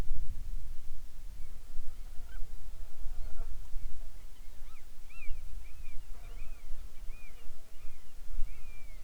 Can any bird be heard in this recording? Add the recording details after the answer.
yes. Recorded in the Arctic National Wildlife Refuge, Alaska, on 7 July 2019 at 18:45. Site 41